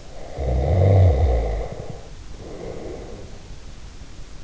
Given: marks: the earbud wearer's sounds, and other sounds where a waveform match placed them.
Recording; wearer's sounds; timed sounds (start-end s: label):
sounds in sleep by an in-ear microphone; snoring breath
0.18-3.43 s: snoring breath